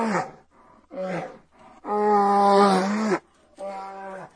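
Bear utters short groaning calls, then one long, steady, moaning roar and a final shorter one.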